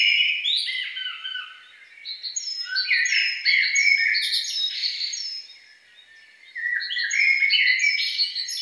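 Songbird pouring out quick warbled phrases and chirps with repeated high whistles, a quiet pause near six seconds before the singing resumes.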